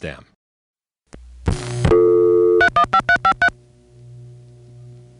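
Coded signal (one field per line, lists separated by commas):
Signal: DTMF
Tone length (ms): 80 ms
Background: speech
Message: 315353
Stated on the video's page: Long-distance telephone tones from a 1977 call from New York City to the 315 area code.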